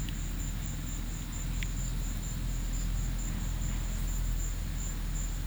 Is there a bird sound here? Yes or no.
no